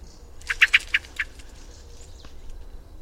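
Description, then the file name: Common blackbird calls in a quick loud run of five harsh chinks early on, then quiet, with faint high notes behind. "Turdus merula"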